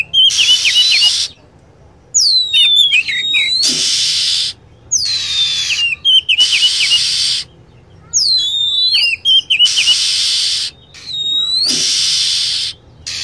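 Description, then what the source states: Lovebird: rapid shrill chatter, loud hissing screech bursts interleaved with clusters of high whistled notes bending downward, repeating several times with short silences between. Recording used as a lure sound to attract birds.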